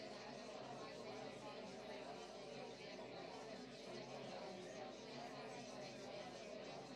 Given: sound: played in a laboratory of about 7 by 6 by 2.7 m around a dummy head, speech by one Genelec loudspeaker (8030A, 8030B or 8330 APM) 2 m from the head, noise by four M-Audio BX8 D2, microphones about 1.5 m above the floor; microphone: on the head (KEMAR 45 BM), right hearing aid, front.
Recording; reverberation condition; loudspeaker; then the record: babble noise; low; four, about 170 cm from the corners of the room and facing them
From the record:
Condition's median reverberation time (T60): about 310 ms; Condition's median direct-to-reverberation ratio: about 3.5 dB